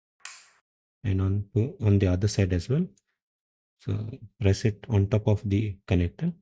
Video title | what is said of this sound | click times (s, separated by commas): Installation - Klipper/CB OS and Manta M8P/CB1 | Place gently press until you hear the click sound | 0.2 s